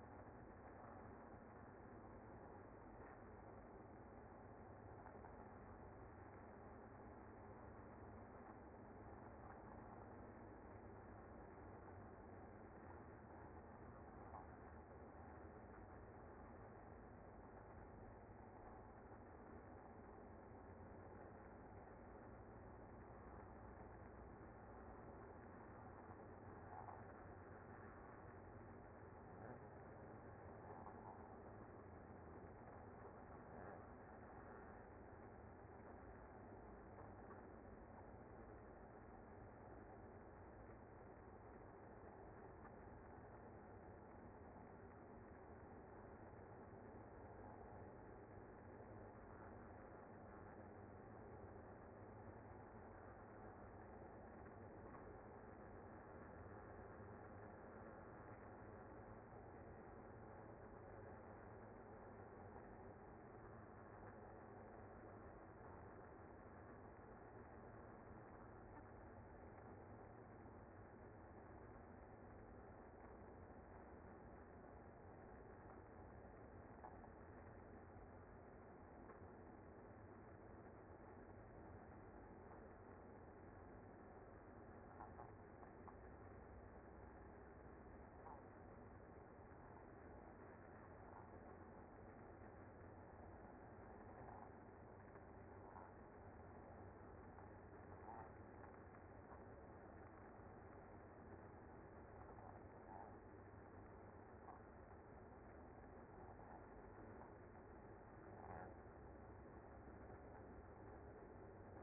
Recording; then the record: honeybee colony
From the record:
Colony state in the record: active